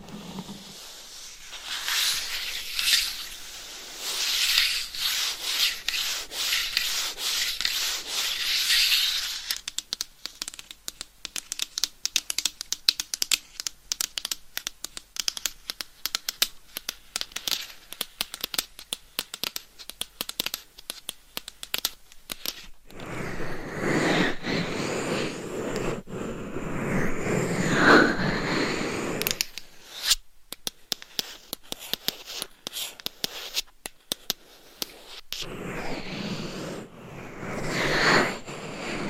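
Scratching and tapping from a massage. It opens with a steady, hissy scratching, then moves into a long run of quick, dense taps and clicks. Around the midpoint a fuller, rougher rubbing swells in, breaks off briefly, returns to tapping, and ends rubbing again.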